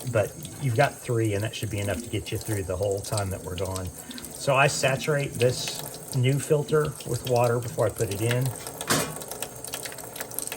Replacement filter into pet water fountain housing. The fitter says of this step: it just kind of snaps into place in there like that